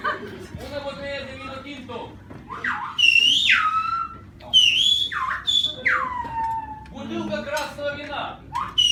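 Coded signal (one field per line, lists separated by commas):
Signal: whistled language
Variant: Silbo Gomero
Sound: loud gliding whistles rising and falling in pitch, phrased like speech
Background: background voices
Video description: This is a special way of talking through the whistle that has been used for thousands of years on the island of Homer. This language reproduces through the whistle the Spanish language spoken by the inhabitants of the island.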